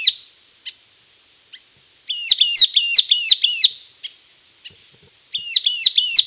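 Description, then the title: Sultan tit calls: two quick runs of sharp, ringing chattering notes, with scattered single chips between, over a faint steady high hiss. "Sultan Tit (Melanochlora sultanea)"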